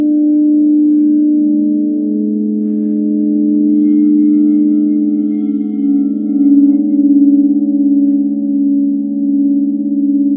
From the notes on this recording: the bowls in the key of B, E, A, D, G, C